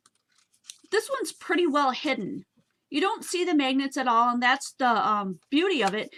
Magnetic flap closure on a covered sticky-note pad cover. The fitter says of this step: see, there's little flowers on there that match, and you can hear that snapping.